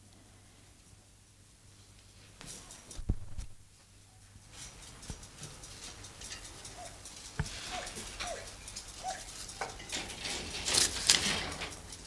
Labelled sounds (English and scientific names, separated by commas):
Silvery Javan Gibbon (Hylobates moloch) call